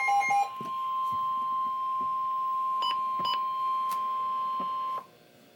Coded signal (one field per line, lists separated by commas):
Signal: Emergency Alert System (SAME) tones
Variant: 1050 Hz attention tone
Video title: River Flood Warning - EAS #248